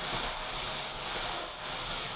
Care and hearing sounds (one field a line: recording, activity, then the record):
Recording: daily activity, microphone in the room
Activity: vacuum cleaning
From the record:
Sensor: 5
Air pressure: 1010.3 hPa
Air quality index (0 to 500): 120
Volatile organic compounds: 2 ppm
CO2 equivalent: 1180 ppm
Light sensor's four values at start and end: 475/1211/502/558 and 474/1208/501/557